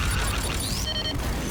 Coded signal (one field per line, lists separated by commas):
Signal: none